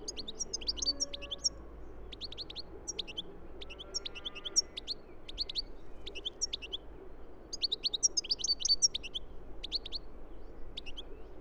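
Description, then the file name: European goldfinch giving rapid, sparkling twittered calls in repeated bursts. "Carduelis carduelis"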